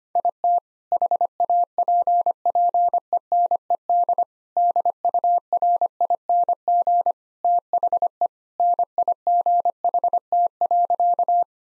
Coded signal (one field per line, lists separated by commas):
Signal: Morse code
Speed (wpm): 25 wpm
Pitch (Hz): 700 Hz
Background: none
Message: IT HAPPENED DURING THE NIGHT.